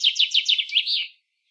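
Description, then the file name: Common chaffinch singing the close of its phrase, several falling trilled notes leading into a short terminal flourish, then silence. "Fringilla coelebs"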